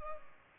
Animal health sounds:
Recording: mosquito wingbeat signal from an infrared sensor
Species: Culex pipiens

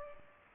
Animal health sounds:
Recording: mosquito wingbeat signal from an infrared sensor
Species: Culex pipiens

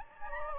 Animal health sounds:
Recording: mosquito wingbeat signal from an infrared sensor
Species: Anopheles gambiae

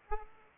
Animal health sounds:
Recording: mosquito wingbeat signal from an infrared sensor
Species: Aedes aegypti

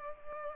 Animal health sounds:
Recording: mosquito wingbeat signal from an infrared sensor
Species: Culex pipiens

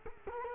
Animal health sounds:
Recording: mosquito wingbeat signal from an infrared sensor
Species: Culex quinquefasciatus

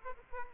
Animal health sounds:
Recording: mosquito wingbeat signal from an infrared sensor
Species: Aedes aegypti

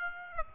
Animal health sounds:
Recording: mosquito wingbeat signal from an infrared sensor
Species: Aedes aegypti

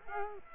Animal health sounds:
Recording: mosquito wingbeat signal from an infrared sensor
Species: Culex quinquefasciatus

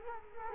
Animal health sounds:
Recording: mosquito wingbeat signal from an infrared sensor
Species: Culex quinquefasciatus

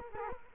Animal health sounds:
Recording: mosquito wingbeat signal from an infrared sensor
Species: Culex quinquefasciatus

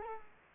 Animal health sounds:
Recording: mosquito wingbeat signal from an infrared sensor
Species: Culex quinquefasciatus

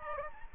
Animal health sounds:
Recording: mosquito wingbeat signal from an infrared sensor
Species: Aedes aegypti

